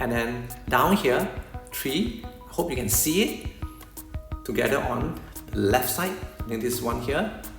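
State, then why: Not seated. Someone talks over background music while handling a centre plastic louvre vent trim panel and its plastic clips at the dashboard of a MyVi Lagi Best, part of a louvre vent upgrade over broken blades. A few short light taps and knocks come around 3.6 to 4.3 seconds. Nothing has seated or clicked yet.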